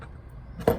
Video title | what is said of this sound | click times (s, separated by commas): High Pressure Fill Station activation side reassembly | it just pops right into points it's a little bit press-fit you'll feel the resistance once you get that in place | 0.7 s